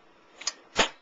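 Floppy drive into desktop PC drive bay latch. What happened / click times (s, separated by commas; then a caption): The drive latch snapped into place / 0.4 s, 0.5 s. A floppy drive is pulled forward in its plastic bay, slot number two, of an Optiplex 745 desktop PC until the latch snaps. Two sharp clicks land at 0.4 s and 0.5 s, followed by a louder, longer broadband burst around 0.8 s. The drive is seated in the bay.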